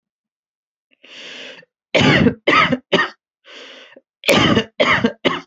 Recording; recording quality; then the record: heavy voluntary cough; excellent, no background noise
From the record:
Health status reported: healthy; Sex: male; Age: 23 years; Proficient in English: yes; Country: India